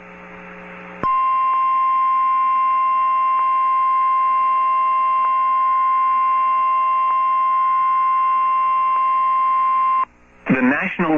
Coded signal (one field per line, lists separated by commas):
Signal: Emergency Alert System (SAME) tones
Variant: 1050 Hz attention tone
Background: speech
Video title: Tornado Warning (Mobile County, AL) (12/27/24) [EAS #88]